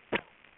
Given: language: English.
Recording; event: throat vibration sensor signal played as sound; cough